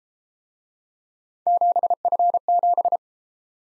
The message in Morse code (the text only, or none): 7F7